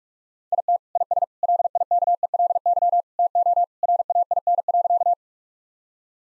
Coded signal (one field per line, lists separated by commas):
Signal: Morse code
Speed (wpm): 43 wpm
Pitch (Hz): 700 Hz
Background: none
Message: IT IS LIKELY TO RAIN.